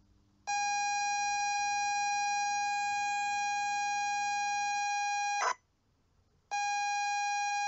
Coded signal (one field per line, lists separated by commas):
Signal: ZX Spectrum tape loading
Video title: ZX Spectrum Load Test - Milk Race **NO GAMEPLAY, JUST LOADING**